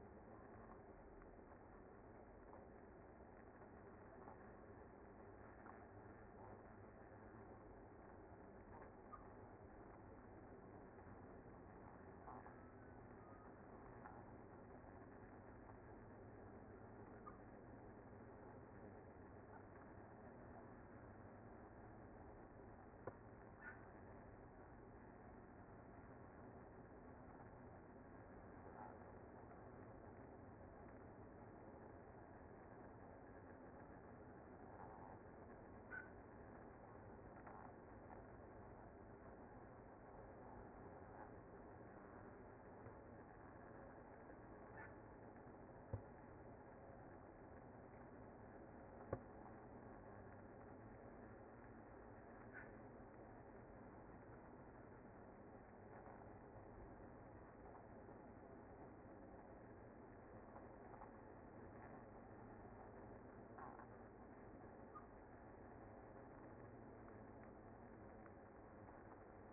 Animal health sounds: honeybee colony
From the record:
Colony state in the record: active

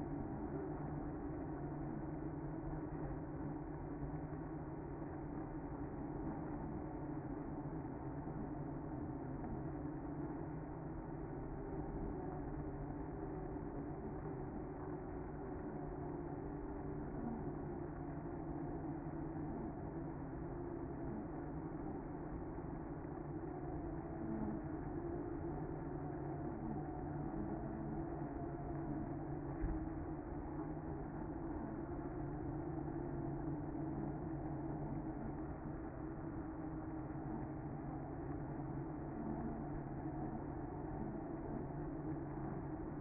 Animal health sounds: honeybee colony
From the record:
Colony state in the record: active

